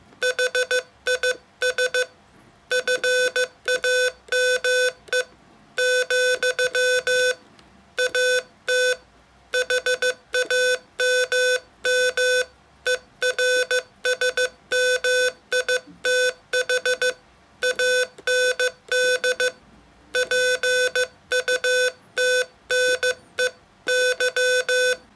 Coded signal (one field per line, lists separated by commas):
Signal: Morse code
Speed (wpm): 15 wpm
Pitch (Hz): 500 Hz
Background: none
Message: HIS FAME , AT HAMMERSMITH AND PUTNEY